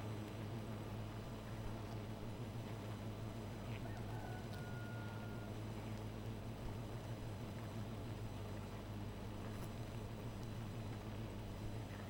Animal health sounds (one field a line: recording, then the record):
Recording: honeybee colony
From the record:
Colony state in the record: missing queen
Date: 14 July 2017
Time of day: 2:51